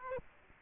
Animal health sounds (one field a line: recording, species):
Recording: mosquito wingbeat signal from an infrared sensor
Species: Aedes aegypti